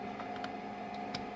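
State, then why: Not seated. During an oil change on a 2015 Sea-Doo GTX personal watercraft, a cap or plug on the engine oil system is handled as it is pushed toward place, with light ticks over a steady background hum and a brief sharper tap at 1.2 s. Nothing has seated or clicked yet; the part is not yet home.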